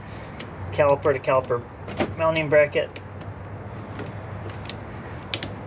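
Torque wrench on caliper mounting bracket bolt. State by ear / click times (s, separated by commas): torque reached / 5.3 s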